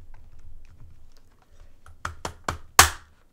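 A plastic cover is pushed with some force back onto the housing of a Megabrite 8 W capacitive under-cabinet LED light fixture. Faint handling noise leads into a few quick taps around 2.0 to 2.5 seconds. A loud, sharp snap at 2.8 seconds marks the cover seating into place.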